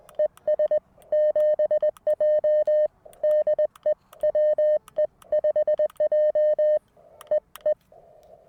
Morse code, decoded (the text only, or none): ES 7J DE WE5J EE